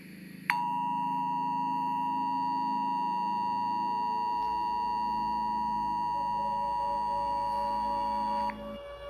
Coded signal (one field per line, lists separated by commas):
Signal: Emergency Alert System (SAME) tones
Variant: 853 and 960 Hz attention tone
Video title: EAS SCENARIO: SECONDLIFE GIRLS COME TO LIFE